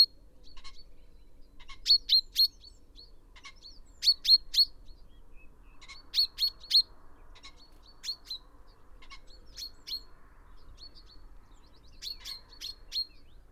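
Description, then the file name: Common chaffinch giving short bright chirping calls in groups of two to four, scattered throughout with quiet gaps, over a faint low background hum. "Fringilla coelebs"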